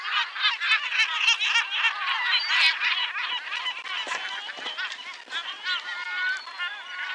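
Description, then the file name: Yellow-legged gulls calling together: a busy chorus of harsh yelping and laughing notes with some long drawn wails near the end. "Goéland leucophée (Larus michahellis) - Cris et chants"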